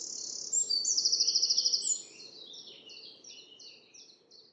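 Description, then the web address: Bird song: a high whistled note, then a fast buzzy trill, followed by a series of softer descending slurred notes spaced evenly. "Deverinetal 2025 File origin Bird Only"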